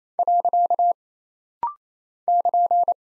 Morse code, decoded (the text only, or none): . <KN>